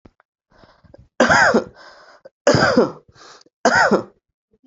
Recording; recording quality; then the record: heavy voluntary cough; excellent, no background noise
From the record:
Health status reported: healthy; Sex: male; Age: 44 years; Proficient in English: yes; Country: India